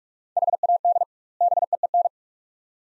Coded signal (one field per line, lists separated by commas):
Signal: Morse code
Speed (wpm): 42 wpm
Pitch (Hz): 700 Hz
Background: none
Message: HAD BEEN